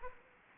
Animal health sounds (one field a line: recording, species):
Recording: mosquito wingbeat signal from an infrared sensor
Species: Anopheles arabiensis